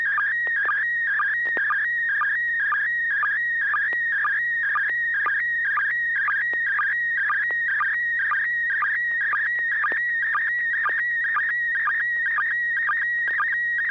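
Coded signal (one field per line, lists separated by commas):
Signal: SSTV (slow-scan television)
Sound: warbling, chirping tone with a rhythmic tick about twice a second, continuous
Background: low mains hum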